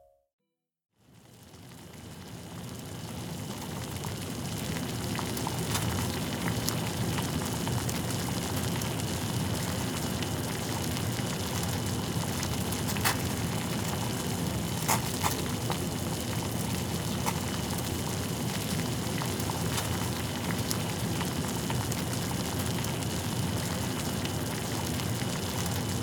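Water boils at a steady, dense roil after a brief silent start, a thick low bubbling churn that holds its level throughout. Faint higher pops and ticks scatter across it, with a few sharper clicks around the middle. The sound is unchanging.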